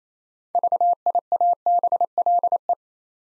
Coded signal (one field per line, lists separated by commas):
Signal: Morse code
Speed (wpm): 28 wpm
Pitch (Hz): 700 Hz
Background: none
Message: VIABLE